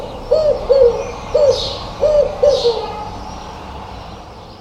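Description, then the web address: Bird giving five brief arched notes in a series, then falling quiet, with faint hissy bursts above. "cianscape. Deverinetal 2025. Bird Only"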